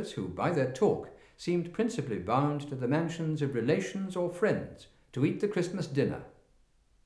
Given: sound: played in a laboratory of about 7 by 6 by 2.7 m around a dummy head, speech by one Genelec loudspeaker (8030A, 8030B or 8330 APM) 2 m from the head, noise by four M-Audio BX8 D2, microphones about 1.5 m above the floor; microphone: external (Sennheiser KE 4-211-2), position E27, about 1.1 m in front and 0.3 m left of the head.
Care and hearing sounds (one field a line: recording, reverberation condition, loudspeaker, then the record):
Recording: male speech in English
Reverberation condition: medium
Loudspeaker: in front (0 degrees)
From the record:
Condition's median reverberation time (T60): about 510 ms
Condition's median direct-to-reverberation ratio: about -0.5 dB